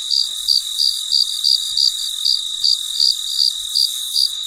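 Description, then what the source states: Cricket giving a steady high chirp, about three pulses a second, shrill and unchanging, over a continuous background hiss. Recorded late at night, in quiet surroundings.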